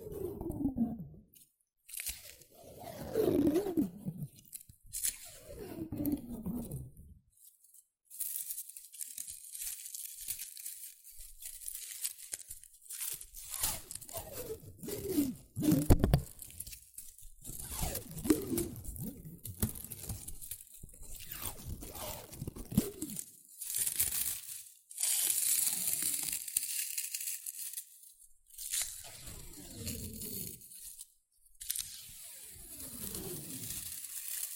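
Shredded tissue and packing peanuts are rustled and crinkled in uneven bursts, with dry crunchy crackles and brief tearing-like swishes. Some passages are dense and bright, others softer and lower, separated by short silent gaps around 2, 8, 24, 28 and 31 seconds.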